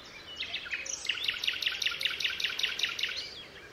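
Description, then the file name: Common nightingale song: a run of sharp repeated notes delivered at a brisk, regular pace, framed by softer twittering phrases and a light hiss of background noise. Recorded 27 April 2014 at Altmühlsee. "Nachtigall. Altmuehlsee. Susanne Rieck"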